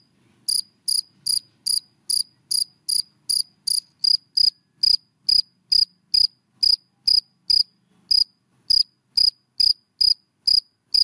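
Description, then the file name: Cricket calling with bright, evenly spaced chirps, a little over two each second, over a soft low hum early on. Crickets calling, given by the Vietnamese names dế mèn, dế cơm and dế than. "Tieng de men de com de than keu"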